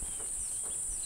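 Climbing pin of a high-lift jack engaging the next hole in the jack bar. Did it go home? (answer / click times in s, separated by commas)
no / none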